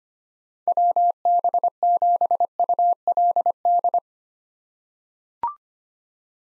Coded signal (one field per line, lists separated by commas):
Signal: Morse code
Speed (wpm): 25 wpm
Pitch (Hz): 700 Hz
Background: none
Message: WB7ULD